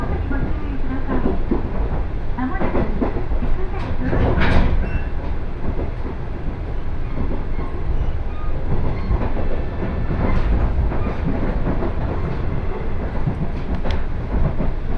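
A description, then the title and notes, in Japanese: A two-car KiHa 110 diesel train runs along the Kesennuma Line, its steady low rumble and rolling noise filling the whole stretch. Sharp clicks and brief rattles break through every few seconds, with louder bursts near the four-, ten- and fourteen-second marks. 鉄道旅 気仙沼線 前谷地→柳津。キハ110系の２両編成が快走していきます。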